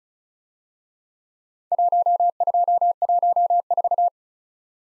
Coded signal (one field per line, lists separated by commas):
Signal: Morse code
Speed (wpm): 33 wpm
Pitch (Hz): 700 Hz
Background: none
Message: 1214